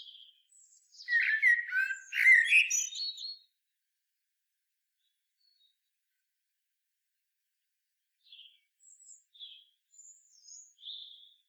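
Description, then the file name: Common blackbird singing one rich, fluty warbled phrase that breaks into a squeaky high twitter, followed after a pause by several faint, thin high notes. "Turdus merula"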